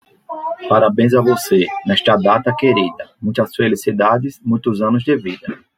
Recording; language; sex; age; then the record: short text; Brazilian Portuguese; male; 30 to 39 years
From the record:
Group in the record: control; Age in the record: 35 years